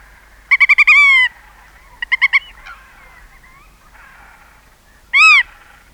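Black-tailed godwit calls: a quick stuttering run of nasal notes that ends in a drawn-out falling note, then a short burst and one loud arched call.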